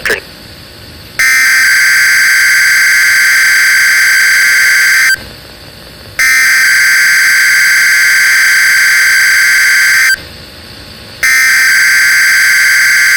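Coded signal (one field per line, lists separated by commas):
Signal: Emergency Alert System (SAME) tones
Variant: header bursts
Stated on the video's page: Fictional EAS alert.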